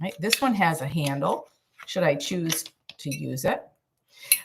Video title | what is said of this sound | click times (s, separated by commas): The Ultimate WFPB Meal Prep Tips To Save Time & Money! - Starch Solution Friendly | Do you hear that snap in so it doesn't move around and hit you in the nose when you go to drink. | 4.3 s